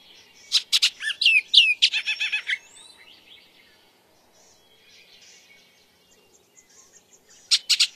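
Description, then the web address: Bullock's oriole with a rapid phrase of clear whistles and rattling notes, soft chatter in the gap, then another short burst near the end. "Songs of Birds of North America Stokes. Bullocks Oriole"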